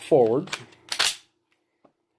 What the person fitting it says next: Now it's locked in.